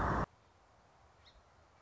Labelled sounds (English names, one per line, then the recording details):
Song Sparrow
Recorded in Sonoma County, California